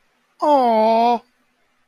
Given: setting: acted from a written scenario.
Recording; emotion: vocal sound without words; adoration